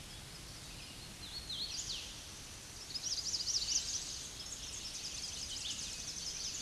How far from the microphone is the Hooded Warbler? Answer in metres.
about 25 m